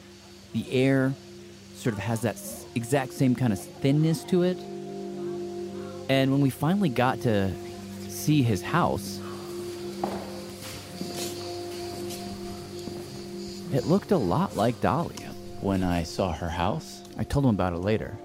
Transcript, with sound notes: The air sort of has that exact same kind of thinness to it. And when we finally got to see his house...
(SOUNDBITE OF FOOTSTEPS ECHOING)
...It looked a lot like Dolly.
When I saw her house...
I told him about it later.